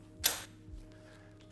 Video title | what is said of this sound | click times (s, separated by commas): Getting started with your Ensuite Mounted Double | okay so now we have all of our walls out and clicked into place and | 0.3 s